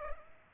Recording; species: mosquito wingbeat signal from an infrared sensor; Culex pipiens